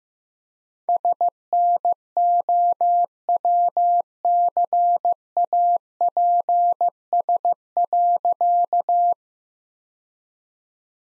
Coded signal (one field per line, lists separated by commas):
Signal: Morse code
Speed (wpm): 15 wpm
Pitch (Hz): 700 Hz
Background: none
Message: SNOWCAPS.